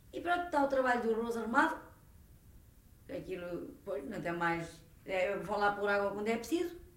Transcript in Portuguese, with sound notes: E pronto, está o trabalho do arroz arrumado. [pausa] Aquilo, pois, não tem mais… Eles vão lá pôr água quando é preciso